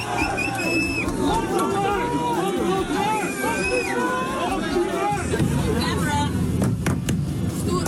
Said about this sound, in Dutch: Ja, je hoort de eieren nog tegen de vooruit van de kick-out Zwarte Piet-bus knallen. Dat was vorig jaar.